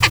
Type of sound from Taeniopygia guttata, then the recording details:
tet call. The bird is a male. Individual mal8